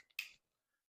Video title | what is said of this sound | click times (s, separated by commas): Testing Cat 5 Home Network Cables | you just plug in these two ends like so wait till you hear them click | 0.2 s